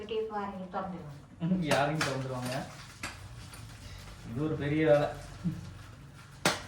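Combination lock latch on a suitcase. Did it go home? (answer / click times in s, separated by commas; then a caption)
yes / 6.5 s. A combination lock latch on a travel suitcase is closed while someone talks. A sharp click at 6.5 s marks the lock latching shut, and the suitcase is now locked.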